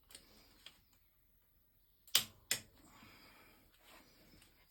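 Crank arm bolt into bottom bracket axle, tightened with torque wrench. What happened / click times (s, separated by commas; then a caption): The torque wrench clicked at its set value / 2.2 s. A crank arm bolt on a square-taper bottom bracket axle is tightened to a final 40 N·m with a torque wrench and an 8 mm bit. After a few faint ticks, two sharp clicks ring out, and the wrench clicks at its setting at 2.2 s, followed by a second louder snap at 2.5 s.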